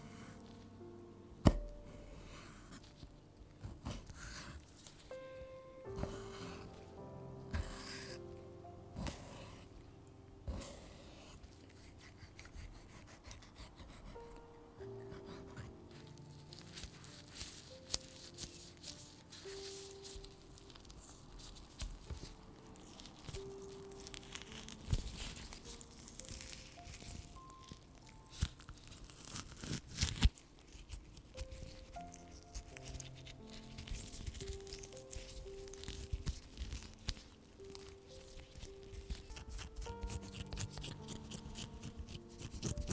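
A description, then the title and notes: Aloe vera gel being handled and massaged, with soft wet squishes, sticky clicks and tapping in irregular bursts. Sharp crisp snaps come early and around the thirty-second mark, perhaps a leaf being cut or torn. A quiet hum sits underneath throughout. 超“爽”芦荟与芦荟胶按摩的声音伴你入眠 Aloe vera Sounds & Aloe vera gel Massage (No Talking).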